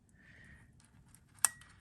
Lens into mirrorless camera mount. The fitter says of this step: Oh, very stiff. There you go. It clicks into place.